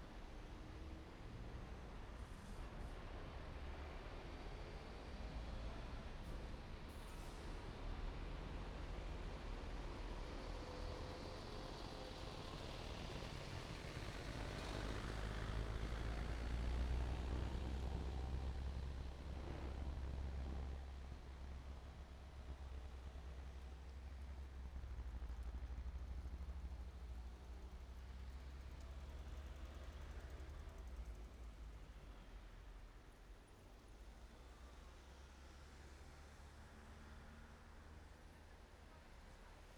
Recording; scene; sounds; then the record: everyday scene through a hearing-aid microphone; in traffic; traffic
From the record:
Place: main road on the outskirts, rush hour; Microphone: behind the ear, right, rear